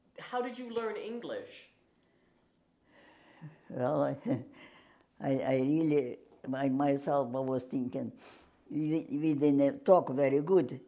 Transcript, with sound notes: how did you learn English?
Well, I — [chuckles] I really — my — myself, I was thinking we — we did not talk very good.